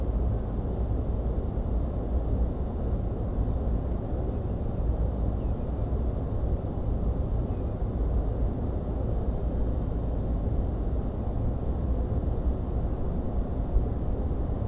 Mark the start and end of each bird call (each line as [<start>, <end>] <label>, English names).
[5.39, 5.88] Common Redshank
[7.48, 7.62] Common Redshank